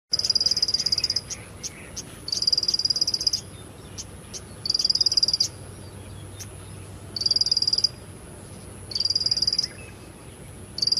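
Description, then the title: Bar-winged prinia delivering rapid high trills in short bursts repeated every couple of seconds, with faint clicking sounds between them over a steady high-pitched background tone. "Suara Burung Ciblek"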